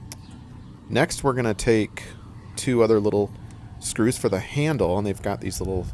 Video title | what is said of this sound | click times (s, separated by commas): 🔥 Brand New Small 2-Burner Char-Broil Propane Grill w/ TRU Infrared Grates➔ How to Assemble + Review | And that just snaps into place. | 0.1 s